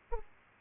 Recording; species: mosquito wingbeat signal from an infrared sensor; Aedes aegypti